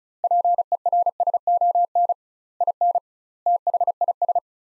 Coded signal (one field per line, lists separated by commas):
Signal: Morse code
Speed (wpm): 36 wpm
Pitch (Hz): 700 Hz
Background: none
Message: PERSON IN THIS